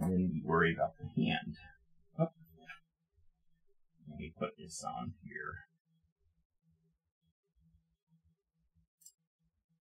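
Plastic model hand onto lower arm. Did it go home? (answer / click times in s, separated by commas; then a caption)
yes / 9.1 s. Someone talks while a plastic hand is pushed onto the lower arm of a plastic Gunpla model kit of the XVX-016 Gundam Aerial, followed by a few seconds of quiet handling. The hand snaps into place on a couple of pegs with a short, sharp click at 9.1 s.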